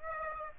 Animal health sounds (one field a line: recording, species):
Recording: mosquito wingbeat signal from an infrared sensor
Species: Aedes aegypti